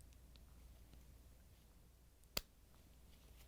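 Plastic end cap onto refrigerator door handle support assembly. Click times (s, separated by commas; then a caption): 2.4 s. A new plastic Samsung refrigerator door handle end cap (DA67-02788A) is pressed onto the door handle support assembly. Over a quiet, low background, one sharp, bright snap rings out at 2.4 s, with only faint ticks around it. The cap snaps into place, seated.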